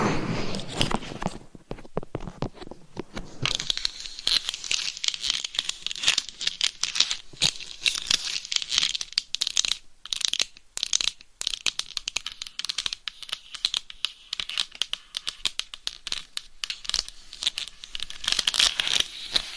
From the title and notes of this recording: ASMR Binaural Dummy Head Mic Scratching & Tapping on DIY Mic Cover.